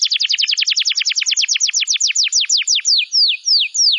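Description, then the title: Bar-winged prinia song: a fast series of sharp down-slurred chips that gradually slows, ending in a few longer, separate falling whistles. "Ciblek Sawah"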